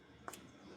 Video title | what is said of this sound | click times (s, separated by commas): S&B Cold Air Intake Install - 2.4L 2024-2026 Tacoma & 2025-2026 4Runner | You heard a click. | 0.3 s